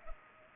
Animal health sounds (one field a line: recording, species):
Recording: mosquito wingbeat signal from an infrared sensor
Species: Culex pipiens